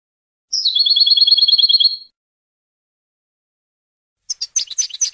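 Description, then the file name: European goldfinch song phrase: a high, even buzzy trill lasting about a second and a half, followed after a pause by scratchy twittering notes. "audio burung goldfinch"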